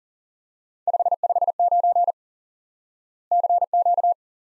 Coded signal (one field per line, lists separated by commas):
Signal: Morse code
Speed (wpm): 42 wpm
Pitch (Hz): 700 Hz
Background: none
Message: 559 CQ